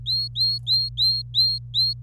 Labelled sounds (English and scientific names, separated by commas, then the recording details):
Domestic Canary (Serinus canaria) song
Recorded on 26 April 2018 at 10:42
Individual llb3